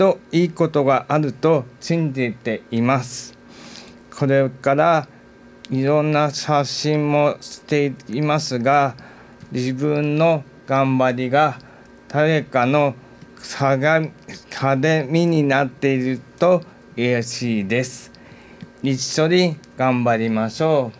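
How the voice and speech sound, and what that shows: An adult man, a physician with aphasia who is recovering, speaks Japanese slowly and haltingly, with pauses of up to 1.5 seconds, drawn-out vowels and a few slipped sounds: an 'h' comes out as 'k' and an 'r' drops out. The speech shows residual aphasia.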